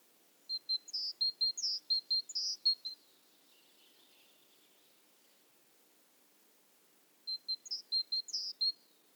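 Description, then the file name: Great tit calls: a rapid series of high pips mixed with rising slurred notes, a long quiet pause, then a shorter similar burst. "Parus major"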